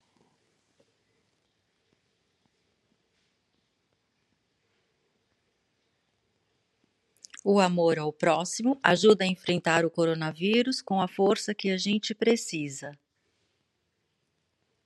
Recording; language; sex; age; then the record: spoken sentence; Brazilian Portuguese; female; 50 to 59 years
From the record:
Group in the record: control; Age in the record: 58 years